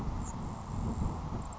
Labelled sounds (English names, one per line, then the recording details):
Grasshopper Sparrow
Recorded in Sonoma County, California